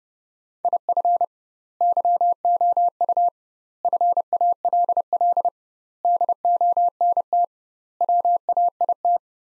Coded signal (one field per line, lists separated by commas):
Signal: Morse code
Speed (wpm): 31 wpm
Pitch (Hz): 700 Hz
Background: none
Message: IF YOU FALL DONT WAIT